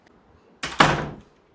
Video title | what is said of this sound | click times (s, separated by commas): Our First Trip in 2025 - Day 1 #viralvideo @Jomiyanirmal | auto lock ആയി ഇനി ഈ ഓട്ടോ ലോക്ക് അല്ലേ ആ ഓക്കേ | 0.6 s, 0.8 s